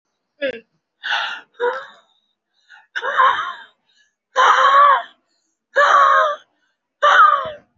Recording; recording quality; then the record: shallow breathing; excellent, no background noise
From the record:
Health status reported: recovered from COVID-19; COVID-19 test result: positive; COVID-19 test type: RT-PCR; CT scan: not taken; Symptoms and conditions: cough, cold, breathing difficulty, sore throat, chronic lung disease, pneumonia, another respiratory illness, another condition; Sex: male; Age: 76 years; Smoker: yes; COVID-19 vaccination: one dose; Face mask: worn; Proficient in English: no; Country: India